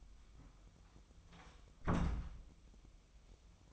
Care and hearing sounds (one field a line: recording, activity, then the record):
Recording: daily activity, microphone in the room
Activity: close door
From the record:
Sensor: 1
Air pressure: 1004.9 hPa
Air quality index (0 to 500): 80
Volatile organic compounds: 2 ppm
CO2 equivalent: 1079 ppm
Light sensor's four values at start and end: 9/23/9/10 and 9/22/9/9